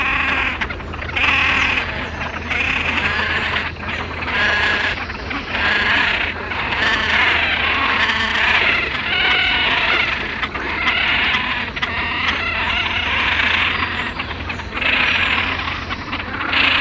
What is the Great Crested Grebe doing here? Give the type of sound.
call